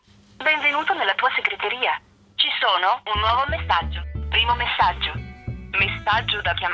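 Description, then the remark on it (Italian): A voicemail message playing back on a mobile phone that was switched on after a radio programme: a tinny, narrow-band voice comes through the handset, and a few seconds in a low, stepped run of tones starts beneath it and carries on to the end. “E poi ieri dopo il programma ho acceso il cellulare e ho trovato un suo messaggio in segreteria.”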